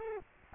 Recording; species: mosquito wingbeat signal from an infrared sensor; Culex quinquefasciatus